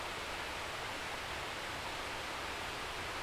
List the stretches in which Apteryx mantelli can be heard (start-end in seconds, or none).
none